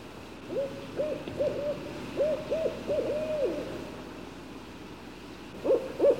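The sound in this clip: Barred owl giving rhythmic arched hoots in two short bursts, a pause, then two more rising-falling notes near the end.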